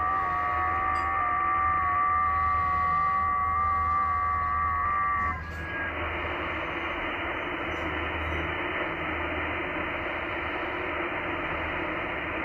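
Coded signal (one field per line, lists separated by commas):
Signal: FT8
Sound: several faint steady warbling tones together over hiss, then only radio hiss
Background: radio static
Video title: E6AF, Niue Is., Pacific Ocean, OC-040, 7MHz, FT8, Worked by HL2WA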